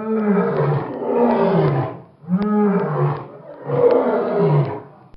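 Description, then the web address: Lion roaring: a few deep, harmonic, growling roars in quick succession, split by brief pauses. "Bobby Cole Lion-Roar"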